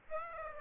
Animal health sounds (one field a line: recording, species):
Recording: mosquito wingbeat signal from an infrared sensor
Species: Aedes aegypti